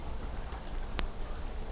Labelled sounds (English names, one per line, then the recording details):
European Pied Flycatcher
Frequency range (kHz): European Pied Flycatcher 5.3-8.3 kHz
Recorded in France